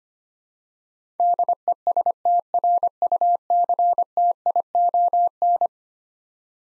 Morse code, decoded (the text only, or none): DESTRUCTION